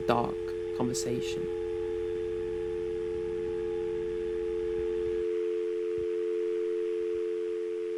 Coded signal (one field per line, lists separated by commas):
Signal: telephone call progress tone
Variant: North America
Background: speech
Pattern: dial tone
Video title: Episode 25: Dial Tone